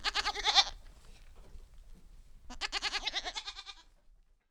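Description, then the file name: Young goats bleating: two wavering, quavering bleats, the first short and the second longer after a pause, with faint stable rustling between. Kids (young goats) in a stable at Vernoux-en-Vivarais, Ardèche. "Chevreaux-a-letable-Vernoux-en-Vivarais-Ambiances-Sonores-d Ardeche-Studio-Les-Trois-Becs"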